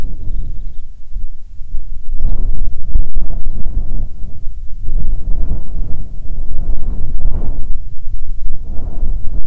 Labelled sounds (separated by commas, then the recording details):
bird, wind
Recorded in the Arctic National Wildlife Refuge, Alaska, on 9 July 2019 at 22:34
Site 48